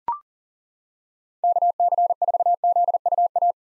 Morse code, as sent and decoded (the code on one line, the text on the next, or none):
-.- -.-. ....- --.. ..- .-
KC4ZUA